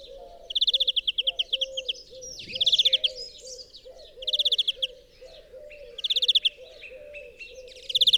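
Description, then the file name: European greenfinch giving repeated bursts of rapid rattling trills interspersed with twittery notes, while a low, steady wavering tone runs beneath. "Chloris chloris"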